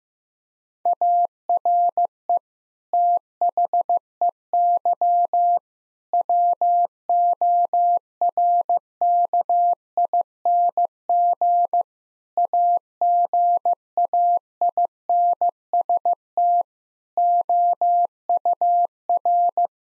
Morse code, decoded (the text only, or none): ARE THEY WORKING AGAINST OUR